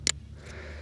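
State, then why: Seated. A gel-filled snap-shut splice connector is closed over bent tracer wires for buried yellow poly propane gas pipe. It gives one sharp, loud click at 0.1 s, and the connector snaps closed and seats. A low steady hum continues underneath.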